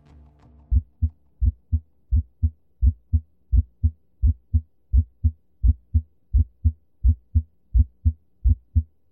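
Adult heart heard through a stethoscope: heart sounds on auscultation, a steady run of low-pitched paired lub-dub beats.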